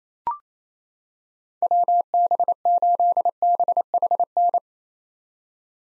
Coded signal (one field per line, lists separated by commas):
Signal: Morse code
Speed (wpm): 28 wpm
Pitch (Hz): 700 Hz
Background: none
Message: WB8BHN